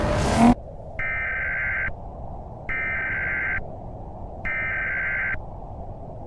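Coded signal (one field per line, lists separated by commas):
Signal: Emergency Alert System (SAME) tones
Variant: header bursts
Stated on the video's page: Fictional EAS scenario with SAME tones made by the creator, not a real alert.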